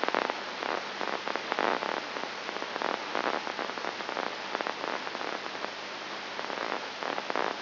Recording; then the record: brain microelectrode recording played as sound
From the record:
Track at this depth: inside the subthalamic nucleus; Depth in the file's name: 2.702 mm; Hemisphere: left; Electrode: 2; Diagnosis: Parkinson's disease